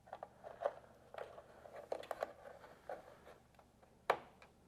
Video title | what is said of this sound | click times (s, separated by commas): Bambu A1 Unboxing, Assembly, Review, and BUDGET Printer Comparison | okay that clicked in place I'm going to tighten down that screw | 4.1 s